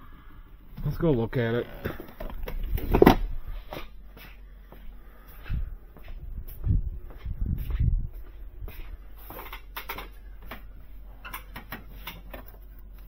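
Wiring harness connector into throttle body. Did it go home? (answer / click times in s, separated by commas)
no / none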